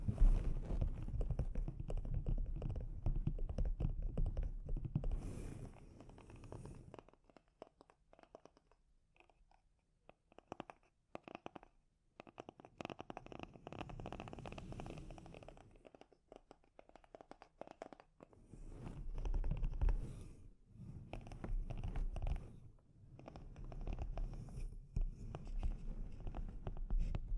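Delicate scratching and tapping on a microphone, with dense rustly scraping for the first seven seconds. The middle turns sparse, with scattered small taps and short bursts amid near-silence. Steadier scratching swells back around 14, 19 and 23 seconds.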